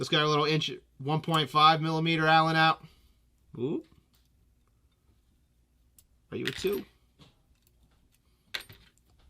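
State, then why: Stripped. A 1.5 mm allen key is turned in a small hex screw on the body of an A4 Fly paintball marker, and the key slips in the head because the screw is a little stripped out. Someone talks, then faint metal scrapes follow, and a sharp click at 8.6 s marks the slip.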